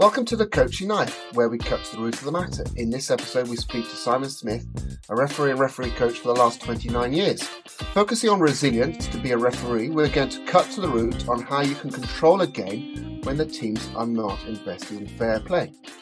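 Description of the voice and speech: An adult man speaks fluently at a steady pace with clear, ordinary voicing and only brief pauses.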